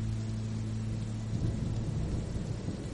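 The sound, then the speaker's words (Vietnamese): Heavy rain pours down in a steady, dense hiss that never lets up, with a low rumble underneath and no voices. “Những hạt mưa đã nặng hơn, tạo nên một bức màn nước khổng lồ bao phủ cả một khung trời.”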